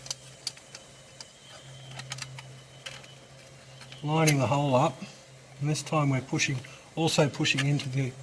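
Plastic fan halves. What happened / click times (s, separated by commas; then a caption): The fan half was spun and lined up, not yet seated / none. A plastic fan half on the transmission driveshaft of a Kubota BX HST tractor is spun and dropped back to line up its hole before being pushed into the other half of the fan. Light ticks sound between about 0.1 and 2.9 seconds over a steady low hum, then someone talks from about 4.0 seconds. Nothing has seated or clicked yet.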